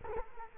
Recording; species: mosquito wingbeat signal from an infrared sensor; Culex quinquefasciatus